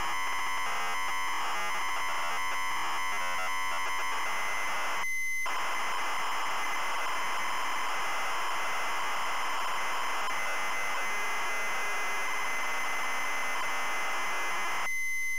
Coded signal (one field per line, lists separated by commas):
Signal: ZX Spectrum tape loading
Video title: ZX SPECTRUM Loading Cobra Ocean Software Ltd 1987